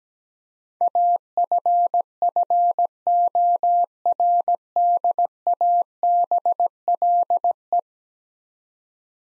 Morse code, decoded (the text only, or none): AFFORDABLE